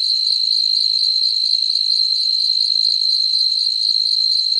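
Cicada song: a continuous loud, shrill buzz held at one steady pitch with a fast pulsing texture, unbroken throughout.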